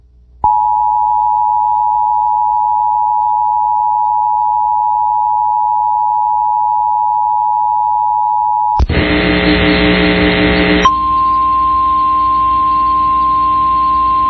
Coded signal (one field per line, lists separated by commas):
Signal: Emergency Alert System (SAME) tones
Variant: 853 and 960 Hz attention tone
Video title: DEEP SOUTH MAYHEM | EAS Alerts from June 14th, 2023 (EAS #2595-2630)